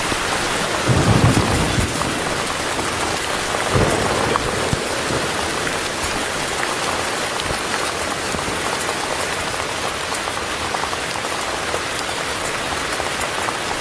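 Heavy rain falls in a dense, steady hiss that fills the whole clip from low rumble to bright spatter. Near the start, around the first and fourth seconds, a deeper low swell rises briefly before the downpour settles back to an even roar.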